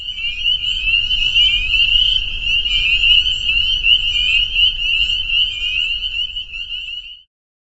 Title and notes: Peepers. the peeper pond on our friends' property in northern Vermont